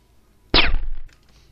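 A single shot from a gun fitted with a suppressor is fired at an enemy: a sudden, sharp crack with a bright metallic edge that fades out over about half a second, with no voices around it.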